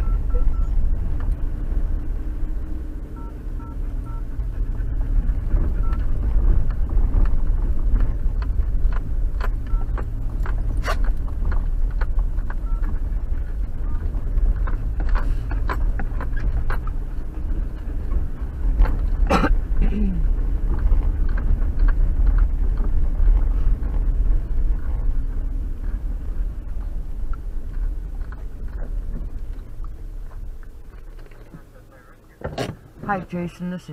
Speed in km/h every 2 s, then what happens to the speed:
11, 13, 10, 10, 11, 10, 9, 11, 13, 13, 13, 11, 11, 8, 6, 0, 0.
0-20 steady at about 11. 20-29 slows to 0. 29-34 standing.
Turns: none.